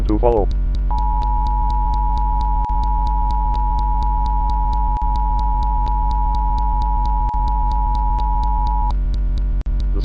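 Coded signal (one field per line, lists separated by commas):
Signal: Emergency Alert System (SAME) tones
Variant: 853 and 960 Hz attention tone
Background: speech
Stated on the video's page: Fictional EAS scenario about a reactor error, not a real alert.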